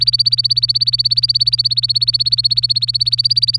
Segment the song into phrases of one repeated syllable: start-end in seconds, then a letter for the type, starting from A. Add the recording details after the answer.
0.00-3.58 A. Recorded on 24 April 2018 at 18:14. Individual llb3